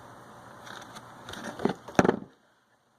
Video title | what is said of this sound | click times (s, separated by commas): 2JZ vvt-i coil connector | this guy in there until it goes clicky click click | 2.0 s